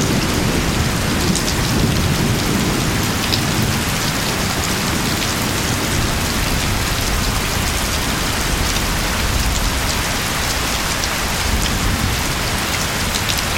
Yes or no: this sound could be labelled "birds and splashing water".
no